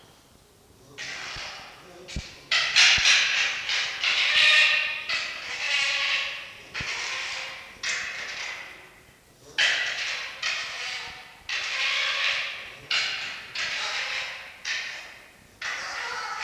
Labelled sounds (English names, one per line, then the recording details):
Red Fox
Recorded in captivity
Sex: male
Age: adult
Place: Zoologisches Institut der HUB, Berlin, DE
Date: 1952-11-21 18:00
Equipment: Elmetra
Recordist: Tembrock, Günter